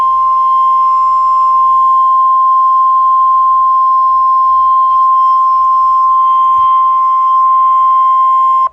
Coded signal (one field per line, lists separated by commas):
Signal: Emergency Alert System (SAME) tones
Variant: 1050 Hz attention tone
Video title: EAS Alerts as of 6/8/22 (EAS #116-139)